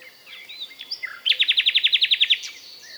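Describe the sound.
Common nightingale song: a few soft varied notes lead into a loud, even series of about a dozen rapid repeated notes lasting about a second.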